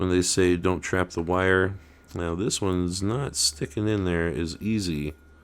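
A small LED wire-set plug is being pushed into its socket on a starship model kit deck, going in less easily than the previous yellow and white wire set, while someone talks throughout. No distinct click stands out over the voice, and nothing has seated or clicked yet.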